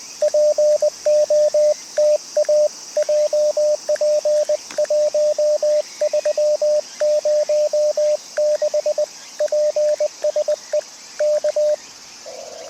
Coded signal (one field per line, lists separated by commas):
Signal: Morse code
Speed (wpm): 20 wpm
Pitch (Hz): 600 Hz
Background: radio noise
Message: POTA JP1306 PSE K